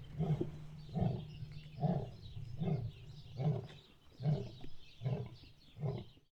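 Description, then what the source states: Lion grunts: a steady series of short, deep, throaty grunts repeated a little faster than once per second. Lion roaring heard from a distance.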